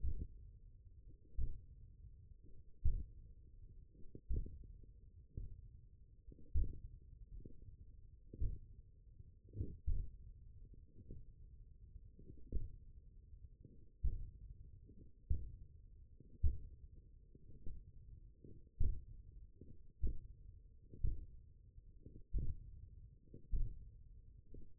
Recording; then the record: forearm muscle sounds (acoustic myography)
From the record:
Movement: hand opening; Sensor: system 1, eight BSWA MPA416 microphones around the upper forearm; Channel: 7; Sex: male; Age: 20 years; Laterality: left